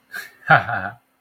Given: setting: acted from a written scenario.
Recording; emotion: vocal sound without words; amusement